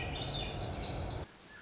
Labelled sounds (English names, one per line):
Swainson's Thrush